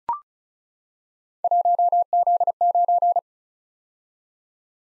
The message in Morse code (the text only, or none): 1Z9